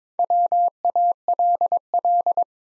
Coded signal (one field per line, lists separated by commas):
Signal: Morse code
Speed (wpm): 22 wpm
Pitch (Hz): 700 Hz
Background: none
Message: WALL